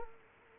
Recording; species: mosquito wingbeat signal from an infrared sensor; Culex quinquefasciatus